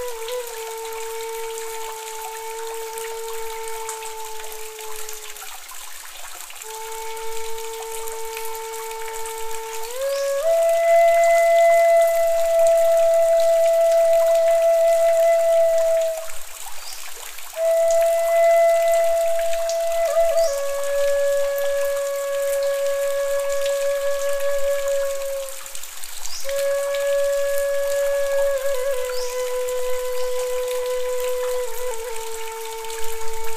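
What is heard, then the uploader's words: A flute plays slow, long held notes, rising in steps after about ten seconds and then drifting back down toward the end, with brief pauses between phrases. Behind it, a steady soft hiss of flowing water runs throughout, dotted with faint scattered droplet ticks. Enjoy the sounds of the easy flowing water and droplets with the flute.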